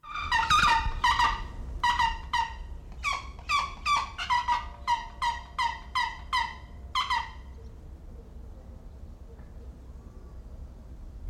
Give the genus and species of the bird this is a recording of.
Haliaeetus leucoryphus